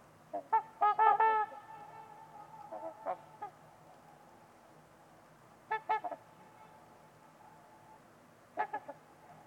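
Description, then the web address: Trumpeter swans giving loud nasal honks in short bursts separated by pauses, with quieter honks between. Trumpeter swans on a winter's eve at Winters Lake, in a deep, silent winter valley, with distant white noise; recorded by Nick McMahan. "Trumpeter Swans on a Winter's Eve. Nick-Mc Mahan Winters-Lake-with-Swan. Wind Is the Original Radio"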